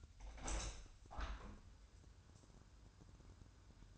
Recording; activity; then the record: daily activity, microphone in the room; open window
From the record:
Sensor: 2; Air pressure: 1000.3 hPa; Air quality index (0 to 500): 163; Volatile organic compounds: 3 ppm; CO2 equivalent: 1354 ppm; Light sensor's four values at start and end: 11/30/11/13 and 11/31/12/14